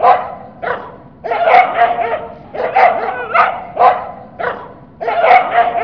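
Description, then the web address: Animal barking repeatedly in quick yelping bursts, single barks alternating with tighter clusters throughout. "动物的叫声"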